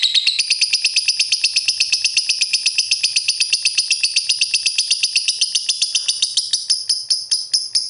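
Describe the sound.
Bird chirping song: a rapid string of high, bright notes at about four per second, steady and even, thinning slightly toward the end.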